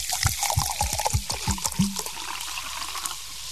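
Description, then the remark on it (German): Water poured into a glass: a quick run of gurgling glugs, each sliding down in pitch, over a steady splashy hiss, then a softer trickle that tapers off. No voices. “Doktor, möchten Sie ein Bier? Nein, bloß Wasser.”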